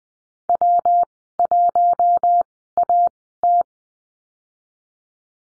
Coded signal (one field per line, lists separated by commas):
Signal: Morse code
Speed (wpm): 20 wpm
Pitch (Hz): 700 Hz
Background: none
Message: W1AT